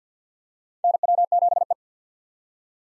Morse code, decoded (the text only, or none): NW7E